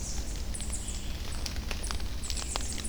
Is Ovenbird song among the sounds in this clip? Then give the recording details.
no. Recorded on 24 June 2016 at 07:57. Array SBT-6-76